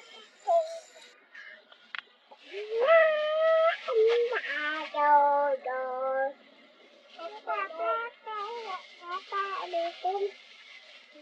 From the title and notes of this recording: Anak kecil menyanyi kepada diri aja di Angkot. Extract from field recording excursion: A small kid singing to herself on the minibus. Heavily denoised to remove traffic sound.